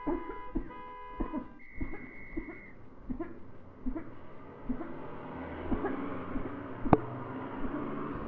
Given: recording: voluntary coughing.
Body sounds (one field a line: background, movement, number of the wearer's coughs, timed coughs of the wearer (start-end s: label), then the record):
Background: traffic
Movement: sitting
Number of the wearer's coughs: 12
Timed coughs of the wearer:
0.04-0.43 s: cough
0.53-0.78 s: cough
1.17-1.50 s: cough
1.78-2.16 s: cough
2.35-2.64 s: cough
3.01-3.43 s: cough
3.78-4.18 s: cough
4.59-5.01 s: cough
5.57-6.00 s: cough
6.26-6.72 s: cough
6.82-7.13 s: cough
7.52-7.92 s: cough
From the record:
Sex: female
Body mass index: 36.4 kg/m2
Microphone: on the chest, facing the body